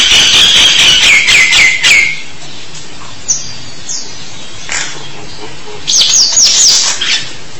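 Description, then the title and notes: Starling song opens with a descending whistled trill, followed by sparse sharp chirps and a final burst of quick rising whistles. "suara burung jalak"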